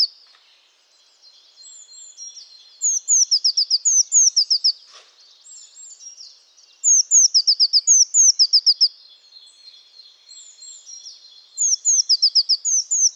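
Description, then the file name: Eurasian blue tit calling: high sweeping notes followed by quick descending trills, delivered in repeated bursts roughly every four seconds, with quieter thin notes in between. "Cyanistes caeruleus"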